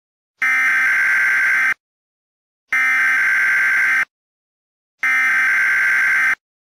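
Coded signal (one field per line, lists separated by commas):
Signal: Emergency Alert System (SAME) tones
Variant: header bursts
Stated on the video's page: Teaser for a fictional EAS scenario about an attack on the United States.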